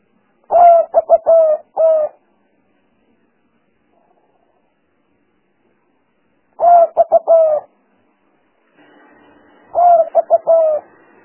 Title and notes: Pikat Burung Tekukur Paling Ampuh. Kumpulan suara burung tekukur paling ampuh